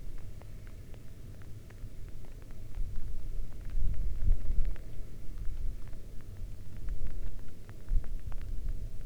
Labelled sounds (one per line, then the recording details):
rain
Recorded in the Arctic National Wildlife Refuge, Alaska, on 11 August 2019 at 22:33
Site 40